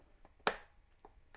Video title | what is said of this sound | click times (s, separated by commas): Fluke Mac Tools ET88DMM (Cont.) Tear Down and Display Cleaning | use a slight pressure and then you want to listen for the snap at the top | 0.5 s